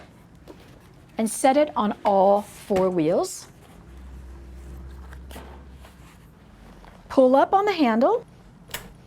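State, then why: Seated. Someone talks while a folded lightweight transport chair with removable legs is set on all four wheels and its handle is pulled up. A few soft low shuffling sounds follow, then a single sharp tick at 8.7 s as the folding frame latch clicks into place, leaving the frame seated.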